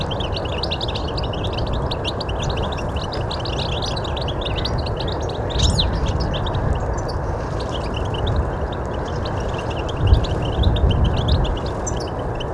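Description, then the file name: European goldfinch calls, quick high tinkling twitters scattered throughout over a steady low rumble, with a few louder bursts of noise. "Carduelis carduelis"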